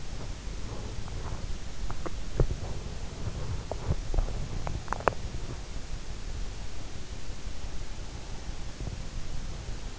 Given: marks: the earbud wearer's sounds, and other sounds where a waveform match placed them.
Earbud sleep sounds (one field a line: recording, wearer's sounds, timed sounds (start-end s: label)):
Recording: sounds in sleep by an in-ear microphone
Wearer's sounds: teeth grinding, swallowing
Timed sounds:
0.00-1.96 s: teeth grinding
1.96-2.74 s: swallowing
2.89-5.37 s: teeth grinding